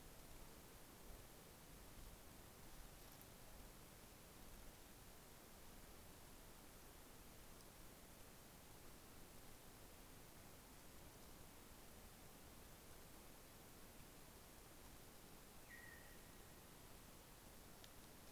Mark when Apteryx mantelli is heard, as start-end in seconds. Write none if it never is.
none